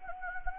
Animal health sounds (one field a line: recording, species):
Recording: mosquito wingbeat signal from an infrared sensor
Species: Anopheles gambiae